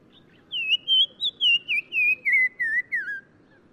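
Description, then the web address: Black-crowned tchagra song: about nine loud, clear whistled notes in quick succession, each wavering, the series stepping slowly down in pitch. Recorded in Morocco. "Black-crowned Tchagra. new sound approach title morocco"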